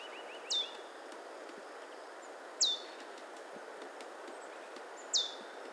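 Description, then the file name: Marsh tit: three clear, sharply downslurred call notes spaced two to three seconds apart, against a constant rushing noise. "Poecile palustris"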